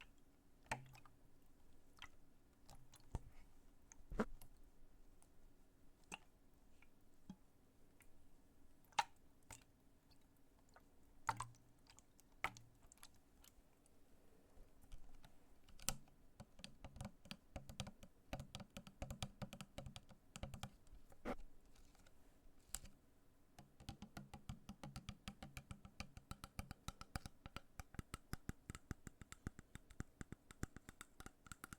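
Plastic tapping on a water bottle. For the first fifteen seconds the taps come sparsely, a sharp click every second or so. After that they turn quick and dense, a rattling patter, over a faint steady low hum.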